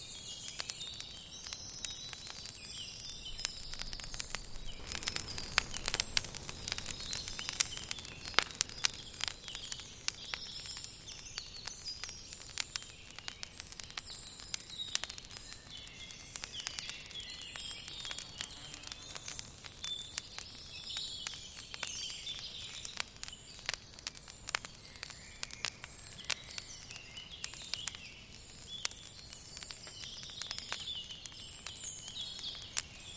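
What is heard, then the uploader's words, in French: A forest ambience with dense, continuous birdsong high up, many overlapping chirps and trills throughout. Steady crackling and popping clicks run through the whole clip, like a small fire, with a busier burst of crackles around five to nine seconds. Coucher de soleil en foret. Une ambiance forestière, remplies de chants d'oiseaux et de verdure autour d'un feu réconfortant.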